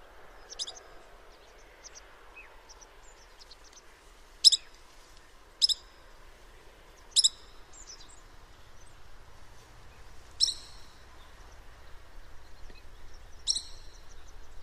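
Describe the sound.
Bird calls: scattered sharp high chip notes, several louder ones at irregular intervals, with soft fainter notes between.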